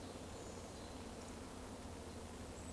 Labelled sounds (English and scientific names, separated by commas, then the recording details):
Eurasian Woodcock (Scolopax rusticola) whistle
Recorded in Baden-Württemberg, Germany, on 11 June 2020 at 20:18 UTC
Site 14569, 102 m above sea level